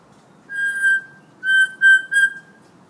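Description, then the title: Hill myna giving clear, level whistled notes, one longer note followed by three shorter ones in quick succession. Tutor recording for training birds; the myna is described as gacor, singing vigorously and often. "Suara Burung Beo Gacor Cocok Untuk Masteran"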